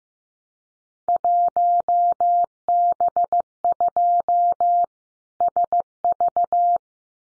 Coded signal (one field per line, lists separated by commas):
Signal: Morse code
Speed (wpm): 15 wpm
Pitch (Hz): 700 Hz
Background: none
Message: 1B2 SV